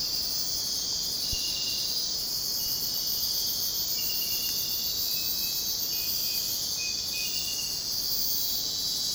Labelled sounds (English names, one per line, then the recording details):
none
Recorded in secondary vegetation near Puerto Asís, Putumayo, Colombia, on 29 June 2025 at 05:00
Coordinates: 0.484, -76.319
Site G074